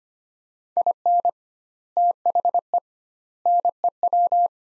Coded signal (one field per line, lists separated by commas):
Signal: Morse code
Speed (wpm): 25 wpm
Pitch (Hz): 700 Hz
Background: none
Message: IN THE NEW